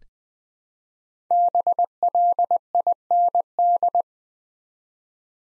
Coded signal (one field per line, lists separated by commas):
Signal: Morse code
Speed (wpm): 20 wpm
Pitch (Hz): 700 Hz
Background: none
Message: BLIND